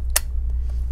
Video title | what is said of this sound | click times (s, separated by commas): MSI MS1541 Gaming Laptop RAM Upgrade 32gb | you can hear that little click on both sides. | 0.2 s